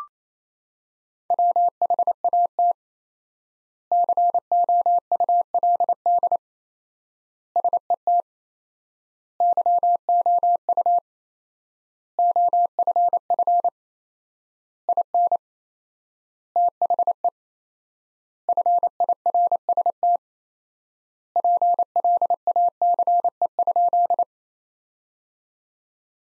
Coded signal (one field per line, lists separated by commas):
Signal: Morse code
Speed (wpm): 28 wpm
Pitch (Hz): 700 Hz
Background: none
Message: WHAT COULD SET YOU OFF IN THE FIRST PLACE?